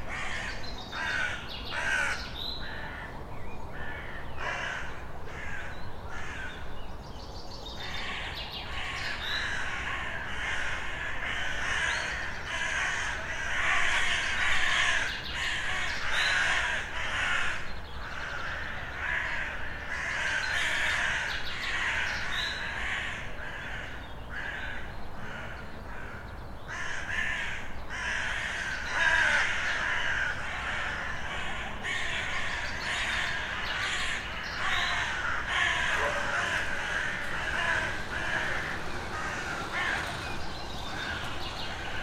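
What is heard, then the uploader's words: Crows caw repeatedly in a park, their harsh calls coming in dense overlapping bursts throughout. The cawing never really stops, swelling around the middle and again near the end. A low, steady outdoor murmur sits underneath. Lokalizacja: Krzyki. 6 pm. Rekorder, mikrofon: sony pcm d50, mic rode nt4, FEL BMA preamplifier, Rode Boompole Autor nagrania: Bartosz Grzyb.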